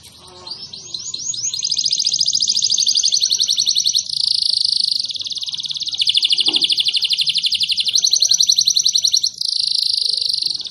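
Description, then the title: Canary song: long sustained rolls of rapid, buzzy repeated notes, changing tone every few seconds with brief pauses between the sections. Canary whose song is described as gacor, ngotot and a long roll (roll panjang), meant to make other canaries answer right away (langsung nyaut). "LANGSUNG NYAUT GACOR DOR Kenari Manasaja, Dengan Kicau Kenari GACOR NGOTOT ROLL PANJANG"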